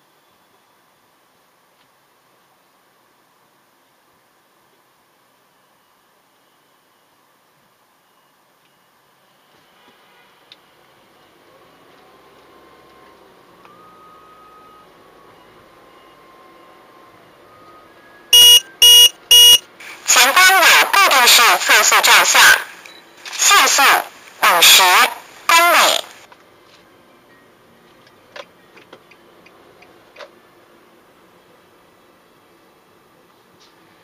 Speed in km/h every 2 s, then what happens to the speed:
0, 1, 1, 2, 2, 2, 4, 8, 12, 18, 23, 26, 25, 26, 27, 27, 26.
0-11 standing. 11-21 pulls away to 26. 21-34 steady at about 26.